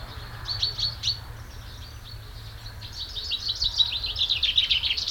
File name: Fringilla coelebs